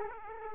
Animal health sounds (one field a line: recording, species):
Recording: mosquito wingbeat signal from an infrared sensor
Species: Aedes aegypti